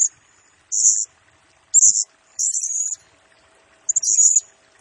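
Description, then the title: Blue-crowned hanging parrot song: a few separate shrill, buzzy high-pitched phrases at irregular intervals, the last starting with quick stuttered notes. Lure and tutoring recording of a serindit singing actively (gacor, nembak style), intended to excite other birds and train them. "Burung Serindit Nembak Gacor Bikin Emosi Semua Burung"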